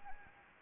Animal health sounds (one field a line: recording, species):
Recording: mosquito wingbeat signal from an infrared sensor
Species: Anopheles arabiensis